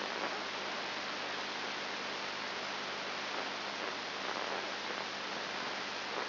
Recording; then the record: brain microelectrode recording played as sound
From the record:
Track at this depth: outside the subthalamic nucleus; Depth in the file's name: 6.5 mm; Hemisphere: left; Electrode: 2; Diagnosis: Parkinson's disease